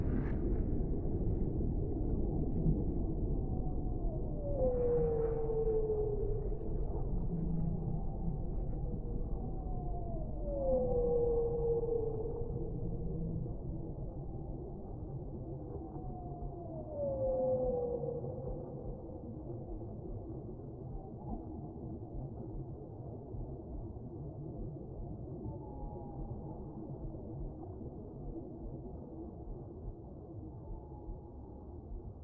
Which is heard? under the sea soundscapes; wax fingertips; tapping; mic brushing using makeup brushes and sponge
under the sea soundscapes